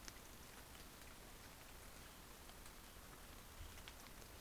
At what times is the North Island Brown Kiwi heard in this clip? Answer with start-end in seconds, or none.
none